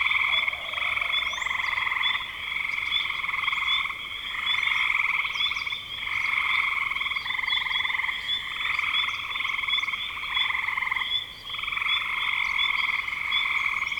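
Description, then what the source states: Chorus of frogs giving rapid pulsed trills, one after another with barely a gap, over a steady high-pitched ringing background. Frogs in spring 2025.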